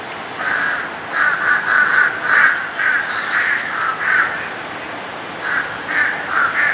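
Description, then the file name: Crows giving rapid, harsh caws in an almost continuous series, with a short pause late on before the calling resumes. Crows calling at a hawk, recorded in 2006. "Crows at Law"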